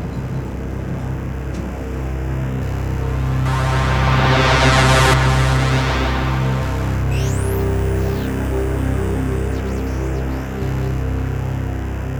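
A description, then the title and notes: A dense, nervous synthetic drone hums low and steady, with layered tones stacked through the mids. Around three to five seconds a bright hissing swell rises and cuts off, and later thin whistling sweeps glide upward near seven and ten seconds. Spectral Line - Cinematic Trailer Sounds. Ambiences, evolving soundscapes, nervous drone sounds, cinematic SFX, impacts, meticulously recorded synth sequences, textures, energetic transitions.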